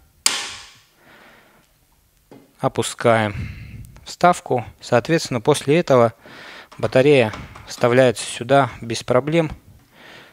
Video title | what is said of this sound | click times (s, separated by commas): Что вы знаете о своем аккумуляторе? Motorola знает всё! | каким образом это все устанавливается мы сгоняем в полозья и до щелчка опускаем | 0.3 s